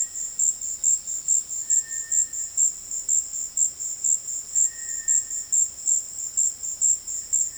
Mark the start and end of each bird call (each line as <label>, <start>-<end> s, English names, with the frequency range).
Cinereous Tinamou (1.4-2.2 kHz), 0.00-7.58 s